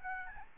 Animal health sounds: mosquito wingbeat signal from an infrared sensor; Aedes albopictus

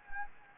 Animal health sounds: mosquito wingbeat signal from an infrared sensor; Anopheles gambiae

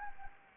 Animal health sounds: mosquito wingbeat signal from an infrared sensor; Anopheles gambiae

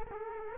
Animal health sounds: mosquito wingbeat signal from an infrared sensor; Culex quinquefasciatus

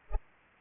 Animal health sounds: mosquito wingbeat signal from an infrared sensor; Culex pipiens

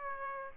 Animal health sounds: mosquito wingbeat signal from an infrared sensor; Aedes aegypti

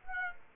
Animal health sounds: mosquito wingbeat signal from an infrared sensor; Aedes aegypti

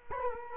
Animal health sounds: mosquito wingbeat signal from an infrared sensor; Culex quinquefasciatus

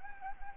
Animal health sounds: mosquito wingbeat signal from an infrared sensor; Anopheles gambiae

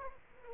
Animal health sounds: mosquito wingbeat signal from an infrared sensor; Aedes aegypti

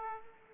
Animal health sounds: mosquito wingbeat signal from an infrared sensor; Aedes aegypti

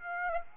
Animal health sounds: mosquito wingbeat signal from an infrared sensor; Aedes aegypti

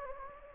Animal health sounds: mosquito wingbeat signal from an infrared sensor; Anopheles gambiae

